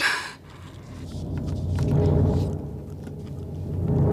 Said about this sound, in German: Das Gewitter kommt näher. Das Haus wird zerfallen unter dem Donner.